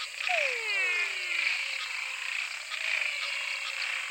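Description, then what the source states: Frog chorus opening with a couple of descending swept calls, then only the continuous high trilling chorus. Frog chorus recorded in Mato Grosso.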